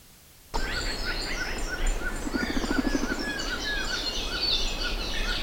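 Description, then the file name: Bird calls start abruptly after a short quiet moment: many high chirps and trilled notes over steady noise. "SABIOD 50 bird 2015"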